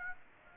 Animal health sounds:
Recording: mosquito wingbeat signal from an infrared sensor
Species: Aedes aegypti

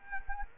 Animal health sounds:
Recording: mosquito wingbeat signal from an infrared sensor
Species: Culex quinquefasciatus

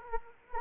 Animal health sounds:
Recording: mosquito wingbeat signal from an infrared sensor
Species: Anopheles arabiensis

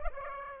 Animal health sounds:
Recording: mosquito wingbeat signal from an infrared sensor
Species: Aedes aegypti

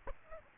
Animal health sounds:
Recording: mosquito wingbeat signal from an infrared sensor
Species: Aedes aegypti

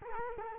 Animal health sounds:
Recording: mosquito wingbeat signal from an infrared sensor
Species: Culex quinquefasciatus

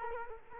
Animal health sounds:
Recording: mosquito wingbeat signal from an infrared sensor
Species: Culex quinquefasciatus

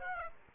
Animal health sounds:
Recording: mosquito wingbeat signal from an infrared sensor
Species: Aedes aegypti

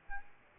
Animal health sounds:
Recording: mosquito wingbeat signal from an infrared sensor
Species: Aedes albopictus

